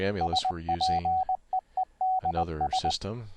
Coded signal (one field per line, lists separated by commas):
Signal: Morse code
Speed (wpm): 20 wpm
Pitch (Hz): 750 Hz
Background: speech, radio noise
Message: SPEEDS